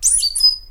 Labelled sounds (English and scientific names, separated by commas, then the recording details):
Stitchbird (Notiomystis cincta) song
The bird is a male
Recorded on Tiritiri Matangi Island, New Zealand, in 2005
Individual 11, of nest box 13